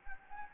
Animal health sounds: mosquito wingbeat signal from an infrared sensor; Anopheles gambiae

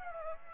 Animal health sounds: mosquito wingbeat signal from an infrared sensor; Aedes aegypti

